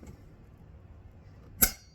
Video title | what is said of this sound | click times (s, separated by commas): How to properly install the cooling head on your nitro engine | Once you hear one click, you're tight. | 1.6 s